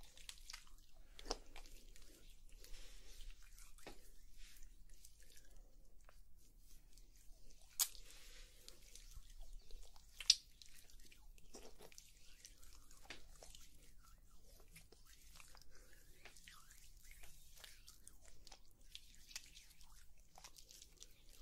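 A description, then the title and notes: Quiet oil massage sounds: soft wet squishes and sticky taps come irregularly, with a few sharper clicks near eight and ten seconds. ASMR Sauna Spa Treatment Roleplay (Oil Massage & Facial w Layered Sounds).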